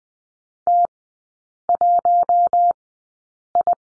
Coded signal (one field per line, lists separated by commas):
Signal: Morse code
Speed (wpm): 20 wpm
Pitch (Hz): 700 Hz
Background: none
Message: T1I